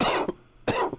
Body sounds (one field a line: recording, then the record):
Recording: coughing mixed with background sound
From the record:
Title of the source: Coughing 79